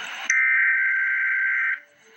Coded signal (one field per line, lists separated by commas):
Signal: Emergency Alert System (SAME) tones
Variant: header bursts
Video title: Emergency Alert System - Wind Advisory - Mar 14, 2025 at 1:02 PM EDT